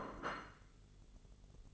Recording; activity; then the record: daily activity, microphone in the room; place plate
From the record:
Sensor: 4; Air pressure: 1002.9 hPa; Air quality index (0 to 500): 248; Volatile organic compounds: 20 ppm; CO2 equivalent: 2692 ppm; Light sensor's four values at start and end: 5/12/4/5 and 5/12/4/5